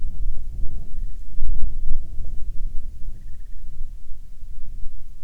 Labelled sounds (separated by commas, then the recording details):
bird, wind
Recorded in the Arctic National Wildlife Refuge, Alaska, on 9 July 2019 at 21:38
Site 48